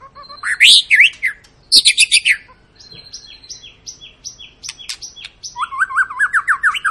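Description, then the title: White-rumped shama song with loud rising whistles, a string of short repeated notes, then a fast upward-sweeping trill series. Long lure song of a lively singing (gacor) white-rumped shama, used to make other birds sing. "Pancingan Murai Batu Gacor Panjang"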